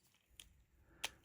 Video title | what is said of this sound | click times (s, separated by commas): Autobot Bumper, Ultra Magnus, Horri-Bull & Nemesis Prime Review - Transformers Age of the Primes | And then the two arms will click into each other just like that. | 0.4 s, 1.0 s